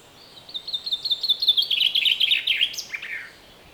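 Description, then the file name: Common chaffinch song, a bright trill that drops in pitch through several phrases and ends in a quick flourish, with steady background hiss. "Fringilla coelebs"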